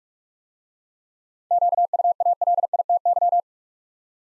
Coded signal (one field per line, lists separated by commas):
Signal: Morse code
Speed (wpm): 44 wpm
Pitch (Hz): 700 Hz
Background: none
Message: QUALITY